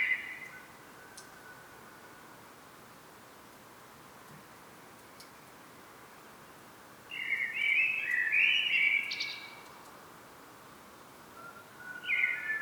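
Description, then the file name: Common blackbird: a clear, mellow whistled phrase midway with a brief high tail, and clipped fragments of other phrases at start and end, otherwise quiet. "Turdus merula"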